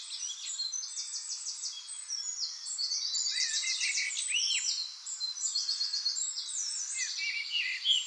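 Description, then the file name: Eurasian wren song-like phrases of quick high trills and rattles, mixed with a few sweeping arched notes. "Troglodytes troglodytes"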